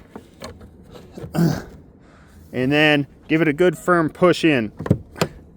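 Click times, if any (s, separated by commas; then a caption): 5.2 s. After the locating pins are lined up, a taillight housing on a 2017–2021 Subaru Crosstrek is given a firm push into the rear body panel while someone talks. Its plastic retaining clips snap into place with one sharp click at 5.2 s, seating the housing.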